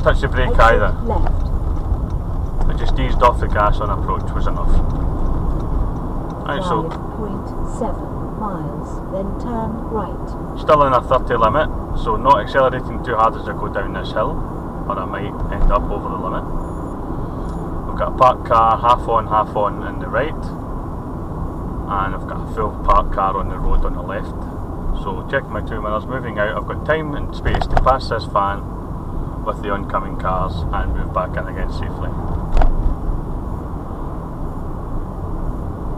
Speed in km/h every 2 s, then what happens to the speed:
29, 34, 42, 45, 44, 45, 45, 45, 45, 44, 40, 39, 37, 35, 35, 35, 37, 39.
0-6 speeds up to 45. 6-16 steady at about 45. 16-25 slows to 35. 25-36 steady at about 35.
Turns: none.